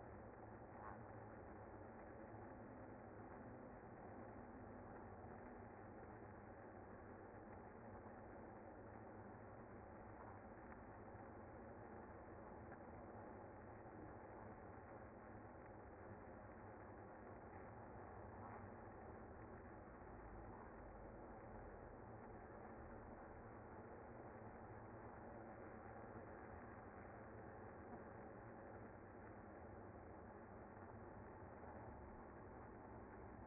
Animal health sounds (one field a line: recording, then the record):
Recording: honeybee colony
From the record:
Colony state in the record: active